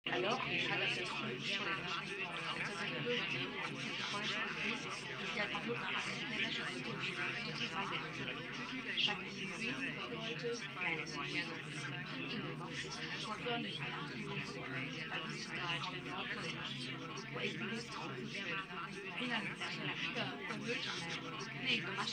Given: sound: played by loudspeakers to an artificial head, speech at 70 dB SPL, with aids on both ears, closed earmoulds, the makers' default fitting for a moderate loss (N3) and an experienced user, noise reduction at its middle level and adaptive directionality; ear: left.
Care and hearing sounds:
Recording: speech test signal (ISTS) in cocktail-party noise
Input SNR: -3 dB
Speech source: on the right (90 degrees)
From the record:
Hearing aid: class 2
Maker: F

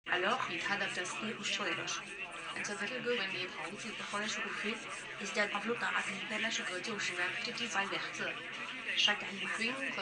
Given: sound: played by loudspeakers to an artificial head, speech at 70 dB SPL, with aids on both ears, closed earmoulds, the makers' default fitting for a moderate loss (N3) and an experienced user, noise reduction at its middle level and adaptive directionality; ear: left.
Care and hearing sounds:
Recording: speech test signal (ISTS) in cocktail-party noise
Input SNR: +6 dB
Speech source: on the right (90 degrees)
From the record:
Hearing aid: class 2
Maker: G

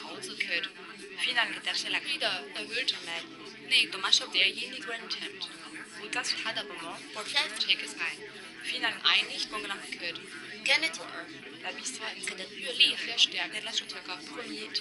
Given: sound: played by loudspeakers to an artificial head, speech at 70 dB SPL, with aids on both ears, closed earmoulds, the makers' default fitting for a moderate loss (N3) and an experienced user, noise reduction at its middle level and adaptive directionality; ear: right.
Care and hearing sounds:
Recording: speech test signal (ISTS) in cocktail-party noise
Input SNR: -6 dB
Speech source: in front (0 degrees)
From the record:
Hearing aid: class 2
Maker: B

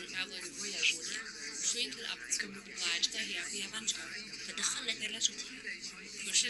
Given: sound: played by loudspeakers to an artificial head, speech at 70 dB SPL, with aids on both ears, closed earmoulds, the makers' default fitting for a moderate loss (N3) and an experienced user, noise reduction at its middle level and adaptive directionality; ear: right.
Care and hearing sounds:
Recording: speech test signal (ISTS) in cocktail-party noise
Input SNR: -3 dB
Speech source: in front (0 degrees)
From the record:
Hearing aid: class 1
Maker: H

